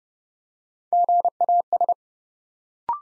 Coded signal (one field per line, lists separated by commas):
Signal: Morse code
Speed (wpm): 30 wpm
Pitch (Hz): 700 Hz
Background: none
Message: GAS